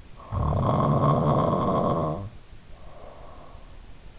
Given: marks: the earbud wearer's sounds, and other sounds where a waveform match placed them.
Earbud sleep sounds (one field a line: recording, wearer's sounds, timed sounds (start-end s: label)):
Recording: sounds in sleep by an in-ear microphone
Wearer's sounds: snoring breath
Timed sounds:
0.16-3.70 s: snoring breath